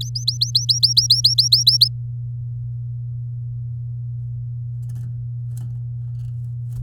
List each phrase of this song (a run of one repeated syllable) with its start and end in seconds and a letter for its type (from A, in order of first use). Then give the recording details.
0.01-1.77 A, 1.81-1.88 B. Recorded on 8 May 2018 at 10:39. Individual llb16